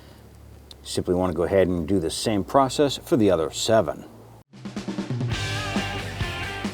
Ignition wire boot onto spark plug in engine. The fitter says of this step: and push it until you feel it snap into place